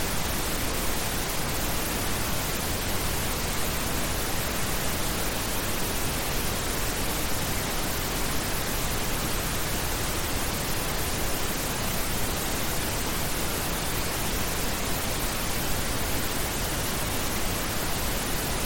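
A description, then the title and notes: Pink noise plays as a steady, even hiss with no breaks or events for the whole nineteen seconds. The sound is dense and full, weighted slightly toward the low end so it rushes more than it sizzles, like falling water at constant loudness. Pink noise.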